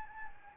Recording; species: mosquito wingbeat signal from an infrared sensor; Anopheles gambiae